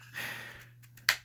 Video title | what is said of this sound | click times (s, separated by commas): Benchmade 133BK Fixed Infidel | Okay, so positive click. | 1.1 s